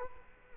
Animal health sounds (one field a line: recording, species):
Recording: mosquito wingbeat signal from an infrared sensor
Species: Culex quinquefasciatus